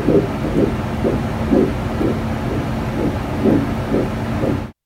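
A fetal heartbeat heard through a Doppler ultrasound probe.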